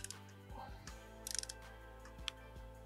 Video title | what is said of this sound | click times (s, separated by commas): Comment monter un cintre sur un vélo de route ? (Rapidement et simplement 🚀) | deuxième coup clic on est bon on rétracte | 1.4 s